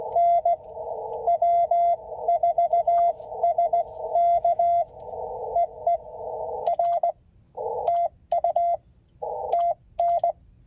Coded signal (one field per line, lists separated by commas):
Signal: Morse code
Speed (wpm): 17 wpm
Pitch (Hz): 690 Hz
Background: radio noise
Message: N W4SK EE R TU TN